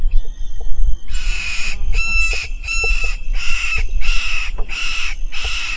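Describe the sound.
Bird calls: a thin whistle, then a run of loud, hoarse squawks repeated roughly every 0.7 seconds over low rumbling background noise.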